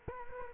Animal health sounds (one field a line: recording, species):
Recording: mosquito wingbeat signal from an infrared sensor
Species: Culex quinquefasciatus